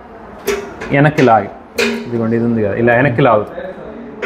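Someone talks while pulling a lever or fitting back to attach the vacuum lid fitting onto a vacuum marinator drum. The part is handled but nothing has seated or clicked yet.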